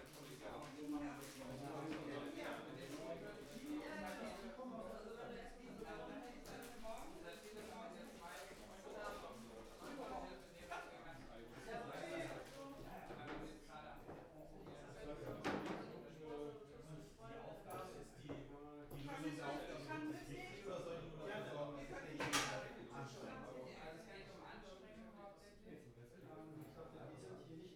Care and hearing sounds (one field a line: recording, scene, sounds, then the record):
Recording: everyday scene through a hearing-aid microphone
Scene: many people talking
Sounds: many voices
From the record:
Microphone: behind the ear, right, rear